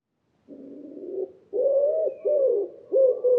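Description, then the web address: Common Wood Pigeon cooing: a soft, low, hoarse opening note, then loud hollow coos, each dipping at its end, in a short rhythmic phrase. "cianscape birddata Deverinetal 2025 Bird Co Pa"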